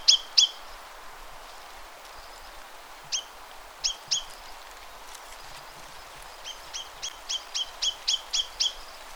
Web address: Chinese nuthatch. صدای-پرنده-کمرکولی-چینی